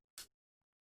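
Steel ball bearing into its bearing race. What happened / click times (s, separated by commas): The steel ball clicked back into its race / 0.2 s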